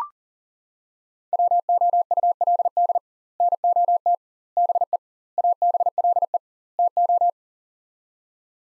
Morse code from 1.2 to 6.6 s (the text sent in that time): WOULD NOT BE ABLE